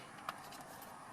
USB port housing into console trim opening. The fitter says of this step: till it locks in place.